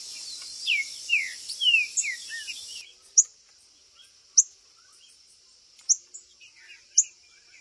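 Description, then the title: Green-winged saltator giving a few falling whistled notes over loud hiss, followed by sparse sharp clicks and ticks. Chirping, singing and territorial calling (macheando) in a contest. "TRINCA Piando, Cantando E Macheando Na DISPUTA"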